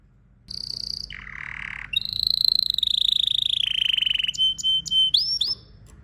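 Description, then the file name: Canary song: a steady high whistled note, a buzzy lower trill, then a long rapid rattling roll ending in separate sharp rising chips. "طائر الكناري (اشهر طيور بصوت عذب)"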